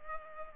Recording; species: mosquito wingbeat signal from an infrared sensor; Culex pipiens